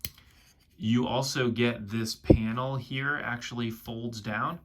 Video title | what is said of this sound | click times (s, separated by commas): Star Wars Micro Galaxy Squadron Desert Skiff Review and Comparison | It actually does click in place. | 0.1 s